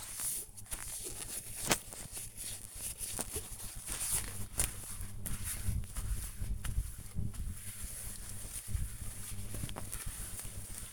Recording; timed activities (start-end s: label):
household activities, microphone on the right wrist
0.00-10.93 s: bathroom cleaning (washbasin)